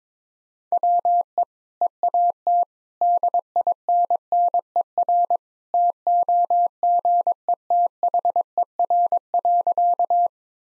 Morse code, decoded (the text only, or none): WE EAT DINNER TOGETHER.